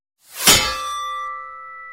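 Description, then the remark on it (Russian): Sword blades clash once in a sharp, loud metallic strike, then a bright, high ringing tone hangs on and slowly fades. No voices are heard. “Наши клинки столкнулись с громким звоном.”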